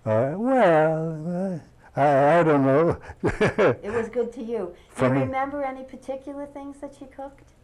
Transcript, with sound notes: Well, I don't know. (He laughs.)
It was good to you. Do you remember any particular things she cooked?